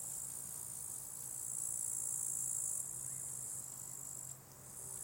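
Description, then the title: Cricket song, a continuous high buzzy trill that strengthens for about three seconds then eases, with a low steady hum underneath. Crickets at a small spot beside a hiking path with wild natural meadows at Lake Wolfgangsee, Strobl, Austria; some traffic audible; recorded with SD702t and MKH8040. "Strobl, Österreich - Grillen am Wolfgangsee"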